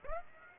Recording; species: mosquito wingbeat signal from an infrared sensor; Aedes aegypti